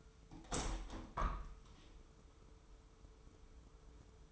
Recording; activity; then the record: daily activity, microphone in the room; open window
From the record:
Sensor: 1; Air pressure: 995.8 hPa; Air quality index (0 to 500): 54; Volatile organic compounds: 2 ppm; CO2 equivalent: 1038 ppm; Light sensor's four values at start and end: 30/103/40/41 and 31/106/41/42